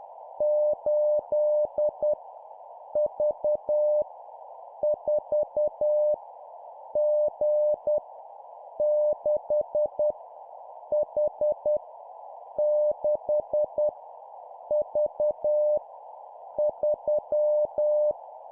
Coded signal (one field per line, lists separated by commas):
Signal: Morse code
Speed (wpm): 10 wpm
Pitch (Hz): 600 Hz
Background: none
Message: 8 V 4 G 6 H 6 V 3